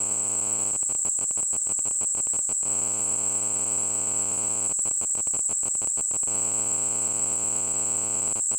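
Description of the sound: Simulated tinnitus: a steady, piercing high-pitched tone around 8 kHz, with a softer buzzing, harmonic hum beneath it that repeatedly breaks into rapid stuttering pulses.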